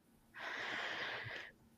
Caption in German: Wenn sich eins der Hühnchen, dann doch mal erkältet, oder auch der großen Hühner, ja. Husten die dann? Hühner haben gar kein Zwerchfell. Das heißt, technisch können die das gar nicht, ne? Was man dann hört, ist irgendwie so ein Geräusch.